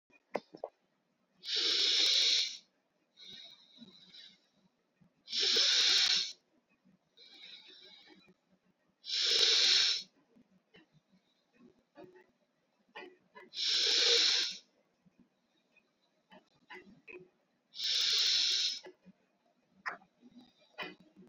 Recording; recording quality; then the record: deep breathing; excellent, no background noise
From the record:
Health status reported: COVID-19 positive, mild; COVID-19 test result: positive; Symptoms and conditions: fatigue, loss of smell and taste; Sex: male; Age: 35 years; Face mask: worn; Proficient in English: yes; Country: India